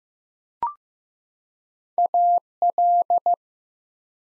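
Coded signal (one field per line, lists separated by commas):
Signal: Morse code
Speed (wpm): 15 wpm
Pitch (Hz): 700 Hz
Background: none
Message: AL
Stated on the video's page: Morse head-copy drill of prefixes and suffixes at 15 wpm, each sent, spoken, then sent again.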